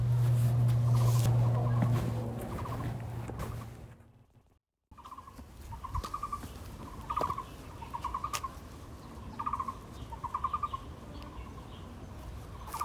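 Birds and insects on a mountainside. A steady low hum and rustling fill the first four seconds, then a brief silence. After that a bird repeats a short mid-pitched call about once a second, with a few sharp clicks around seven and eight seconds.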